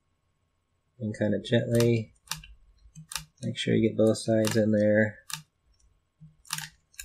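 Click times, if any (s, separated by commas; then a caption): 6.5 s, 7.0 s. Someone talks while an internal connector cable is lined back up and gently pressed into the motherboard of an ASUS GL753VE laptop, with both sides pushed in. Sharp clicks sound at 6.5 s and 7.0 s as it snaps smoothly into place and seats.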